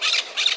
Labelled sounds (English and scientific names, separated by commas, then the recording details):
Brown-throated Parakeet (Eupsittula pertinax) contact call
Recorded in Margarita
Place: San Francisco, near stadium
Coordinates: 11.018, -64.294